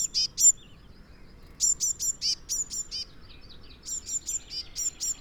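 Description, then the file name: Eurasian blue tit: bursts of short, high, thin notes in quick groups of several, separated by brief pauses. "Cyanistes caeruleus"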